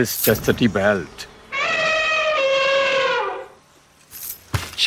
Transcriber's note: soundbite of elephant trumpeting